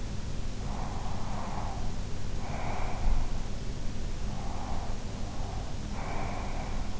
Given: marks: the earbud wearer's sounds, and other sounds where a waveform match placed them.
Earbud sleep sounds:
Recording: sounds in sleep by an in-ear microphone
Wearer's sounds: breath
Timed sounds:
0.58-3.35 s: breath
4.34-7.00 s: breath

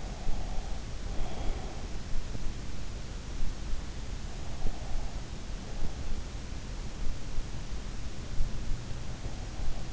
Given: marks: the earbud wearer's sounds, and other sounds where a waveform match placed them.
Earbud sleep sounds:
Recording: sounds in sleep by an in-ear microphone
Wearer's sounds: breath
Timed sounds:
0.00-1.73 s: breath

